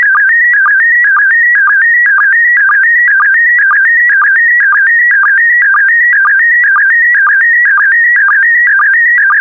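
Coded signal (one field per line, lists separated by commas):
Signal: SSTV (slow-scan television)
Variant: PD120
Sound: warbling, buzzy tone with rapid regular ticking sync pulses, steady throughout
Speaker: the next image transmission will start in 10 seconds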